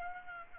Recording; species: mosquito wingbeat signal from an infrared sensor; Aedes aegypti